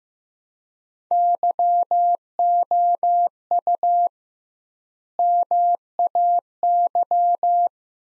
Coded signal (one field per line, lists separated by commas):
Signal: Morse code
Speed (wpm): 15 wpm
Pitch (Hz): 700 Hz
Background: none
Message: YOU MAY